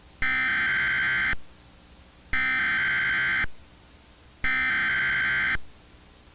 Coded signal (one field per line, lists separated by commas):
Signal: Emergency Alert System (SAME) tones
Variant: header bursts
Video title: EAS Mock - Severe Thunderstorm Warning (1997)